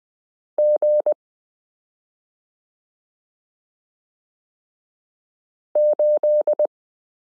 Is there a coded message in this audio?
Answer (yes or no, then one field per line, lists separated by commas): yes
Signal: Morse code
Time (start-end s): 0.6-6.7 s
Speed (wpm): 20 wpm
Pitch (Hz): 600 Hz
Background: none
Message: G8